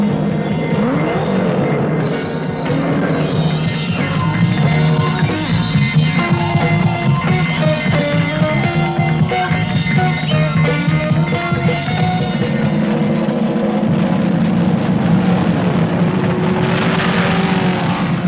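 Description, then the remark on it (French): Big engines roar loudly and continuously in the opening of the film Death Race, a dense rumbling wall with rising and falling droning tones layered over it, and no one speaking. “Ah, les gros moteurs et tout.”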